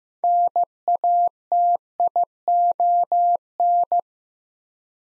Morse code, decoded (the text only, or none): NATION